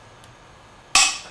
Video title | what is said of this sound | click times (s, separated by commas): MGB Engine Rebuild Blue Print + Bottom End | we'll pull on the torque wrench until we hear it click | 1.0 s